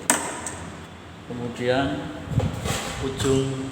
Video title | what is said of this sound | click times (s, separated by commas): Pemeliiharaan Sistem Bahan Bakar Elektronik | tekan Sampai bunyi klik | 0.1 s